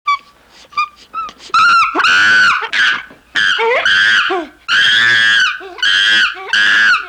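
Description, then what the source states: Chimpanzee screams: a few short high chirps open, then loud, shrill, wavering screams repeated in long bursts, some sliding downward at their ends. Screams with chirps.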